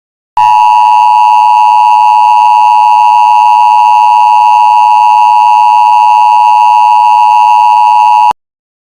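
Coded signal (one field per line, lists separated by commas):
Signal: Emergency Alert System (SAME) tones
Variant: 853 and 960 Hz attention tone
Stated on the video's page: Fictional EAS scenario tones for an asteroid impact.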